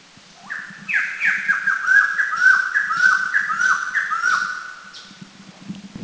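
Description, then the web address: White-crested laughingthrush giving a loud, rapid series of falling, slurred notes for several seconds, with low background noise. Recorded in Laos. "Laos White-crested LT"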